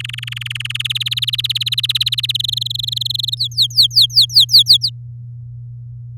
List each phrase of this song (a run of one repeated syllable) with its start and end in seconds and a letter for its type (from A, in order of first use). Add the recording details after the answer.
0.00-0.77 A, 0.79-2.32 B, 2.34-3.35 C, 3.37-4.90 D. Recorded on 9 May 2018 at 09:55. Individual llb16